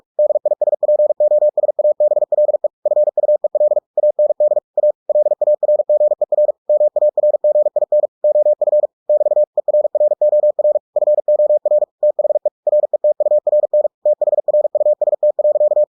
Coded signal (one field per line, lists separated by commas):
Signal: Morse code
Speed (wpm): 46 wpm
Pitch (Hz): 600 Hz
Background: none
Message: DISPOSABLE FUEL AND A LARGER MARGIN OF <BT> ERROR FOR THE RETURN THRUST.